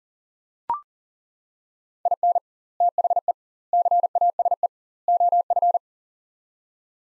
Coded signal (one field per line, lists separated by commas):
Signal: Morse code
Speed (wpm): 40 wpm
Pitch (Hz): 700 Hz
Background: none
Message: IN THE CASE OF